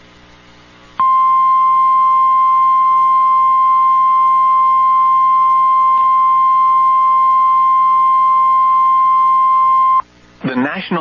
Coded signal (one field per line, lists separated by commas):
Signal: Emergency Alert System (SAME) tones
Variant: 1050 Hz attention tone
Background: speech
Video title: EAS Severe Thunderstorm Warning IWX 2023-04-05 1002EDT - St. Joseph, Fulton, Pulaski, Starke